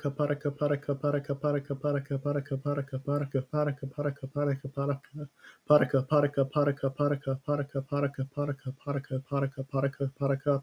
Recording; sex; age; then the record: repeated syllables /pa ta ka/; male; 18 to 19 years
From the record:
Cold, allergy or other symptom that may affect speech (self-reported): no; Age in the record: 18 years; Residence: Massachusetts, United States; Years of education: 14